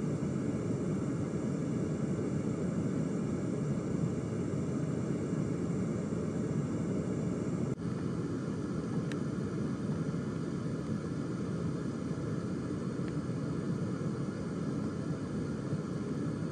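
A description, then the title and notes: An air conditioner runs with a steady, dense roar centered in the low and middle range, like a constant rush of air with a faint hum beneath. The level barely changes, broken only by a brief click near eight seconds and tiny ticks later. ASMR Air Conditioner.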